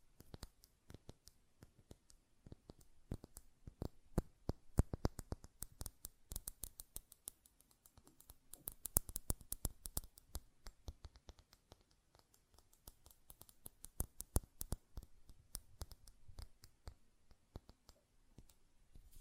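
Glass perfume bottle tapped and handled, with many sharp, bright clicks and taps arriving in irregular clusters. The taps grow denser around the middle, roughly eight to ten seconds in, then thin out, with quiet gaps between bursts and a faint hiss underneath.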